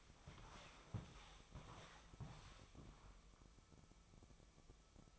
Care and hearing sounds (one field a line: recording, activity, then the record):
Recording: daily activity, microphone in the room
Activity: walk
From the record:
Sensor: 1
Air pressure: 1000.5 hPa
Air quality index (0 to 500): 169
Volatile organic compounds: 4 ppm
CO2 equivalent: 1570 ppm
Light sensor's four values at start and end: 15/37/15/18 and 16/38/16/18